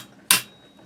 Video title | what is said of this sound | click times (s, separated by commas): SKS rear sight, easy removal / disassembly | and see now it's moving and you're gonna hear a big snap when it falls in position | 0.3 s